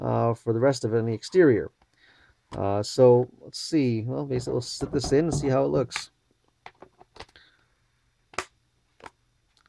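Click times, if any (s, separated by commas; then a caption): 8.4 s. Someone talks for about the first six seconds, then a Samsung Galaxy Note 8 smartphone is pressed into the plastic and vinyl shell of a book-cover case, with a few faint clicks and handling taps. A sharp snap at 8.4 s marks the phone seating in the shell with no problem.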